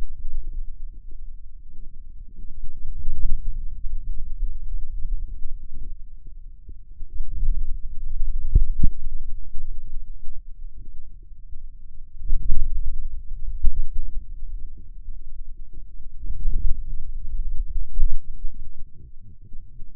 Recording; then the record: forearm muscle sounds (acoustic myography)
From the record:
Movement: hand closing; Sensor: system 2, bracelet of six BSWA MPA416 microphones around the upper forearm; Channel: 5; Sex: male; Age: 22 years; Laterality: right